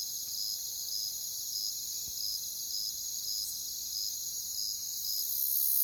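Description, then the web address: Cricket chirps, a row of short high pulses over a continuous shrill insect drone. "Natures Songs Sleep Sounds of Nature CRICKETS Crickets"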